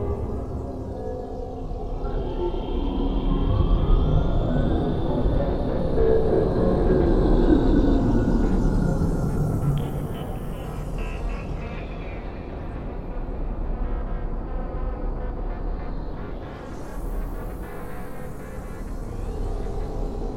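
A dark, ominous ambience built on a thick, churning low rumble that holds steady throughout. Above it, thin metallic tones slide and drift, with eerie rising whines sweeping upward around ten seconds and again near seventeen seconds, like groaning machinery.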